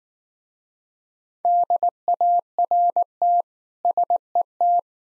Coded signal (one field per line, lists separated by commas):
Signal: Morse code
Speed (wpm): 19 wpm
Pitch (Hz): 700 Hz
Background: none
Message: DART SET